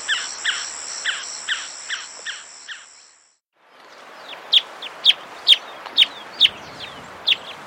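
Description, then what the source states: Rusty-backed antwren calls: a stretch of softer pulsed notes with a steady high hum, a pause, then several sharp, high, down-slurred notes. Recorded in South America.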